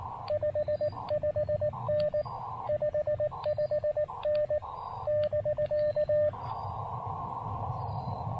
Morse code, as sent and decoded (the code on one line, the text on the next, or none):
..... ..... -. / ..... ..... -. / -...-.-
55N 55N <BK>